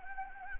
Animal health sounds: mosquito wingbeat signal from an infrared sensor; Anopheles gambiae

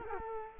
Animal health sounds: mosquito wingbeat signal from an infrared sensor; Culex quinquefasciatus

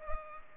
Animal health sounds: mosquito wingbeat signal from an infrared sensor; Culex pipiens

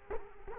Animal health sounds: mosquito wingbeat signal from an infrared sensor; Culex quinquefasciatus

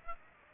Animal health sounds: mosquito wingbeat signal from an infrared sensor; Aedes aegypti

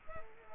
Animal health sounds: mosquito wingbeat signal from an infrared sensor; Culex quinquefasciatus

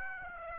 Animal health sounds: mosquito wingbeat signal from an infrared sensor; Aedes aegypti

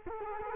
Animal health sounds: mosquito wingbeat signal from an infrared sensor; Culex quinquefasciatus

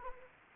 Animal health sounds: mosquito wingbeat signal from an infrared sensor; Anopheles arabiensis

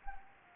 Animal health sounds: mosquito wingbeat signal from an infrared sensor; Anopheles gambiae

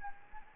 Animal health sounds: mosquito wingbeat signal from an infrared sensor; Anopheles gambiae

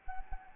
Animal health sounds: mosquito wingbeat signal from an infrared sensor; Anopheles arabiensis

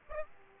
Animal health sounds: mosquito wingbeat signal from an infrared sensor; Aedes aegypti

